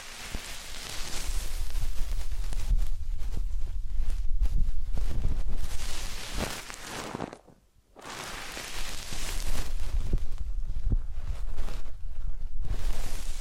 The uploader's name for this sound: Massage, Ear Cleaning and Spa